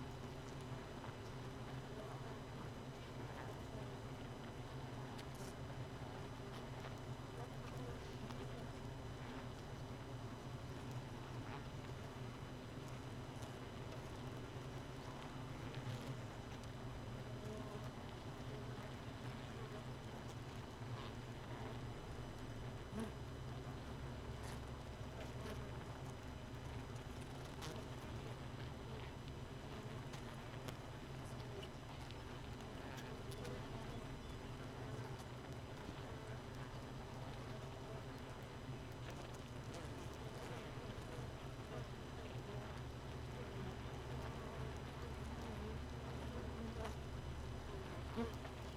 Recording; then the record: honeybee colony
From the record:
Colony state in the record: missing queen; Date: 31 May 2018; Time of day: 4:17